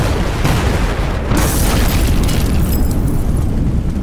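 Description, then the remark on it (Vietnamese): Firecrackers go off in a loud, sustained crackling burst, a dense rumbling roar with sharp pops scattered through it, lasting several seconds without pause. “Tiếng pháo nổ giòn tan xét toàn không gian yên tĩnh, kèm theo đó là một mùi hương nồng nàn lan tỏa với tốc độ chóng mặt.”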